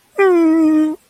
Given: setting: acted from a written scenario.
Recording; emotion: vocal sound without words; distress